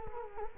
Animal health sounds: mosquito wingbeat signal from an infrared sensor; Culex quinquefasciatus

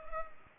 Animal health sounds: mosquito wingbeat signal from an infrared sensor; Culex pipiens

